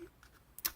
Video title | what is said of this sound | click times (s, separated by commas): 📻 The Best Walkie Talkie 📻 Two Way Radios Arcshell UHF FM Transceivers AR-5 Review Unboxing | earpiece right there, so it just pops right in. Got a good click to it. | 0.6 s, 0.7 s